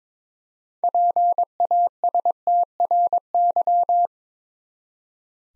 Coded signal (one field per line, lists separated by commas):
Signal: Morse code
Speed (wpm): 22 wpm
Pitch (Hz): 700 Hz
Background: none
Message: PASTRY